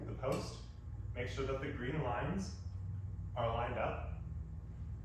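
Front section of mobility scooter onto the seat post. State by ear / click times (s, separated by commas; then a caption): not seated / none. A man talks while the front motor section of a Pride Endurance Li mobility scooter is being reassembled onto the seat post, with the green alignment lines being lined up. No distinct click or impact is heard. The front section has not seated or clicked into place yet.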